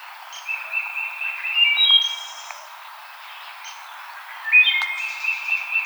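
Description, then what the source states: Wood thrush giving two flute-like phrases with bright high trills, separated by a pause. Recorded 5 May 2007.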